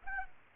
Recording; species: mosquito wingbeat signal from an infrared sensor; Aedes aegypti